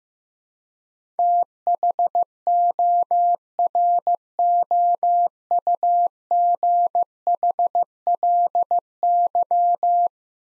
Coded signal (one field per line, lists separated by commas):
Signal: Morse code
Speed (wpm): 15 wpm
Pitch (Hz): 700 Hz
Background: none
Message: THOROUGHLY